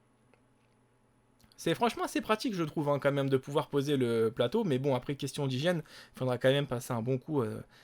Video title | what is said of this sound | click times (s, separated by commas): Chicco Polly Magic Relax Chaise Haute - Unboxing & Présentation Du Produit | allez le clip c'est de cette façon tout simplement regarder bien et se clipse c'est | 0.3 s, 1.4 s